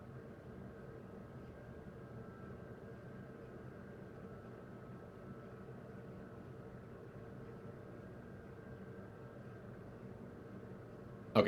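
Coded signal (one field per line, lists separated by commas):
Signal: FT8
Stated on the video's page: FT8 on 10, 12, 15, 17, 20, 30, 40 and 80 metres, trying for one contact on each band in real time.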